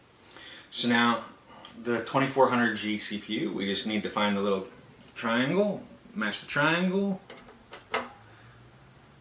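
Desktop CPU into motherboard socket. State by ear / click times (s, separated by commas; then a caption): seated / 7.9 s. A Ryzen 2400G desktop CPU is lined up by its triangle mark with the motherboard socket and set into place while someone talks. A faint tap at 7.7 s is followed by a sharper click at 7.9 s as the chip seats in the socket.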